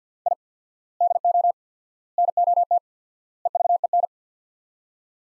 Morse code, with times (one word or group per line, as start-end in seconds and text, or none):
0.3-0.3 I
1.0-1.5 DO
2.2-2.8 NOT
3.5-4.1 EVEN